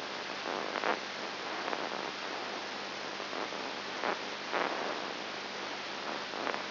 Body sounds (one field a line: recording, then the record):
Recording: brain microelectrode recording played as sound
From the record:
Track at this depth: inside the subthalamic nucleus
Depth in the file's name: 4.101 mm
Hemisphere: left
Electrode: 2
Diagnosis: Parkinson's disease